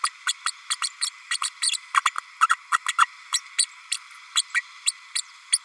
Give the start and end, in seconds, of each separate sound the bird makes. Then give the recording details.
0.03-0.10, 0.27-0.33, 0.46-0.52, 0.70-0.76, 0.81-0.88, 1.01-1.10, 1.30-1.38, 1.43-1.49, 1.62-1.71, 1.94-2.01, 2.05-2.10, 2.41-2.47, 2.71-2.77, 2.88-2.93, 2.98-3.07, 3.32-3.41, 3.58-3.65, 3.91-3.98, 4.35-4.43, 4.54-4.61, 4.86-4.93, 5.15-5.21, 5.52-5.58. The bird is a female. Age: 32 days. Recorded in a nest box in Venezuela. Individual 17B32A5